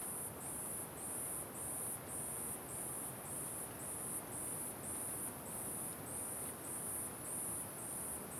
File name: Grilo Muito Agudo em Mata Fechada com Vento Forte